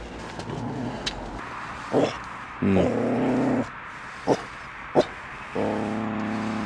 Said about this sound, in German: Kann ja ein bisschen mehr kläffen. Genau, Hundi ärgern. Muss auch mal lernen.